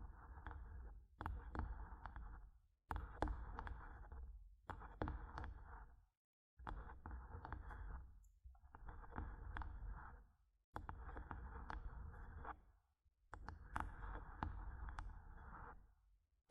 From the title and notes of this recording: ASMR Mic Tapping and Scratching (No Talking).